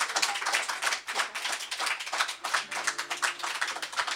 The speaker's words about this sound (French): Notre invité aujourd'hui, on l'applaudit très, très fort.